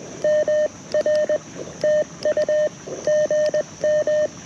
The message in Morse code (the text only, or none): MR TU GM